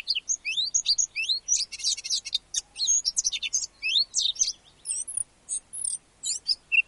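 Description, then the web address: Eurasian blackcap warbling rapidly, scratchy chattering phrases mixed with clear, high whistled slurs. "blackcap"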